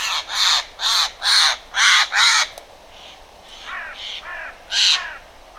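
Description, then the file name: Eurasian jay screeching harshly five times in a quick regular series, then several quieter, hoarse calls and one final loud screech. "Garrulus glandarius"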